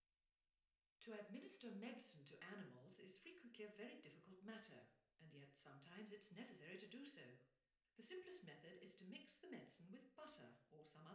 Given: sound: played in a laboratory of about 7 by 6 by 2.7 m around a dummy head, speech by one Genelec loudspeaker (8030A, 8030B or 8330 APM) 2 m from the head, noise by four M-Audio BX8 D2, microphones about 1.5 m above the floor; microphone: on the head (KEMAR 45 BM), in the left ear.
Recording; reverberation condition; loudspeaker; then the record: female speech in English; medium; in front (0 degrees)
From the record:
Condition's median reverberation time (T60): about 510 ms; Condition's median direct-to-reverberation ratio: about -0.5 dB